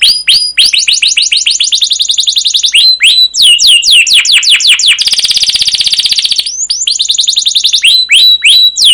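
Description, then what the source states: Canary song: fast runs of repeated high sweeping notes, then a loud buzzy rattling roll of about a second and a half, followed by more rapid chirps. Canary in long, full rolling song with cuit cuit chirps and ngerol rolls; a masteran used as a lure to stimulate other canaries to sing.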